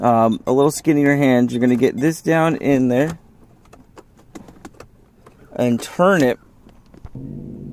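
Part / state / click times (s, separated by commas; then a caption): shifter illumination bulb socket into gear selector housing / not seated / none. On a 1995 Mercedes S500 W140 with a 4-speed shifter, a small plastic shifter illumination bulb socket is worked down into the gear selector housing in the shifter console and turned to line it up before being pulled in. Someone talks while faint, sharp scraping ticks and taps come from about 3.7 to 5.3 seconds and again around 6.7 to 7.2 seconds, followed by a low steady hum. The socket has not snapped into place yet.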